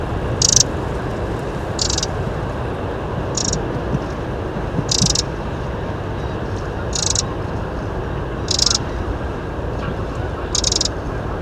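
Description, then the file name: Eurasian wren calling with short scratchy bursts every one to two seconds against a heavy low rumble. "Troglodytes troglodytes"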